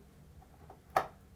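A plastic shower head coupling nut is turned backwards on a threaded shower arm until the thread start drops into the matching thread. A faint tick comes at 0.7 s, then a sharp, bright click at 1.0 s. This confirms the nut is seated and not cross-threaded before tightening.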